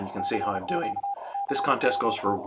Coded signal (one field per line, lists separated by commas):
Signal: Morse code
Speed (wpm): 34 wpm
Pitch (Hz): 810 Hz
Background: speech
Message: CQ CWT